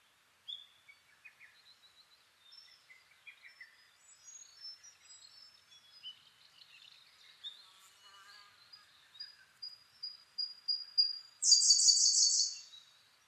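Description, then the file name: Siberian blue robin song: a long lead of faint, varied, high notes grows louder and ends in a loud, buzzy, rapid trill. Recorded 2 June 2010 at 08:36. "koruri-20100602-0836"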